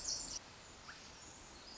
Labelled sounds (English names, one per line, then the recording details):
Pacific Wren
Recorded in Sonoma County, California